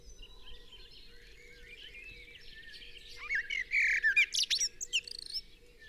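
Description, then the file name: Common blackbird song: a quiet start, then a loud burst of sharp chirping and squeaky twittering notes in the second half. "Turdus merula"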